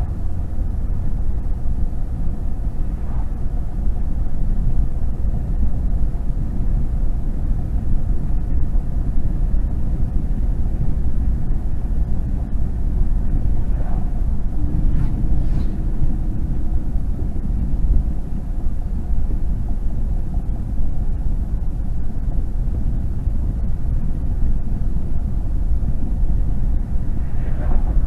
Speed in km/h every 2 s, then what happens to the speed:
82, 82, 85, 85, 87, 87, 84, 84, 79, 76, 76, 77, 77, 77.
0-11 steady at about 85. 11-18 slows to 76. 18-28 steady at about 77.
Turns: none.